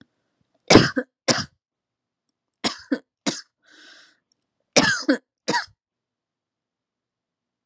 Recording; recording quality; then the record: heavy voluntary cough; excellent, no background noise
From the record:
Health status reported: healthy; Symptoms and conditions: none ticked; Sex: female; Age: 28 years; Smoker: not ticked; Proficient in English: yes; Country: United States